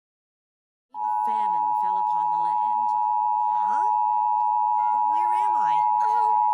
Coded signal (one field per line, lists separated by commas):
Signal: Emergency Alert System (SAME) tones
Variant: 853 and 960 Hz attention tone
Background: speech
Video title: Eas Alarms:USA